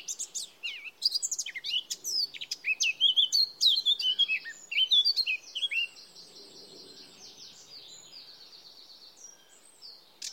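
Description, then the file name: Eurasian blackcap song, a fast jumble of twittering notes that turns to bright whistled slurs, then a softer run of high notes. "Sylvia atricapilla"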